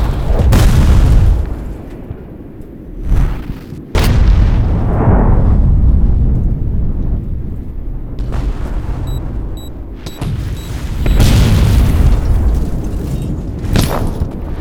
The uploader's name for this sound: Designed Explosion Sound Effects